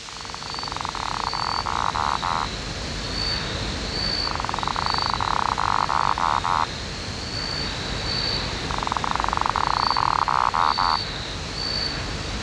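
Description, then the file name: Lesueur's frog giving three bursts of fast, purring pulsed trills, each about two seconds long and repeated about every four seconds, with a repeated high whine and low rumble behind. "Litoria lesueurii"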